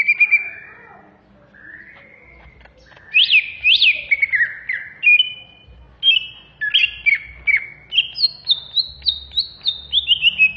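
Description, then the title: Greater green leafbird song: varied warbled whistles building into a rapid, repeated series of bright descending notes toward the end. Banyuwangi-type bird, singing in the ngentrok style, described as raging (ngamuk). "Master Burung Jos. Cucak ijo Banyuwangi Ngentrok Ngamuk"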